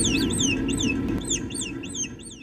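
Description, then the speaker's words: Naked mole-rat toilet call, a little song of high arching chirps, each rising then falling, repeated several times over a low rumbling background. Rare toilet call made by the queen or a breeding male when going to the bathroom; a distinct little song of unknown purpose. "When the queen goes to the bathroom, or one of the breeding males, she makes a little song, which is very distinct."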